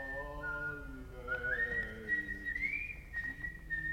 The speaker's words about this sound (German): Ihm war nicht ganz wohl, aber er lachte. Und plötzlich pfiff er sogar.